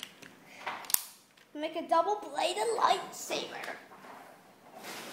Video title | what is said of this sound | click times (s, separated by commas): Star Wars force awaken Jedi master light saber kit | And this thing snaps too. | 0.9 s